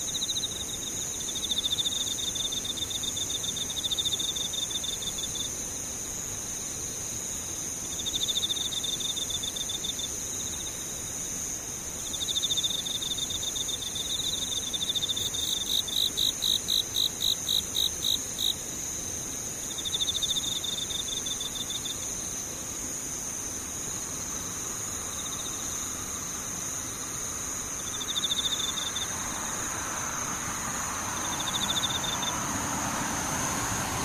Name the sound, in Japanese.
ムシ